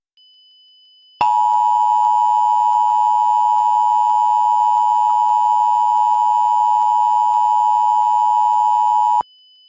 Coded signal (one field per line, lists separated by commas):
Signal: Emergency Alert System (SAME) tones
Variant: 853 and 960 Hz attention tone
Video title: No Turning Back - An EAS Scenario Mini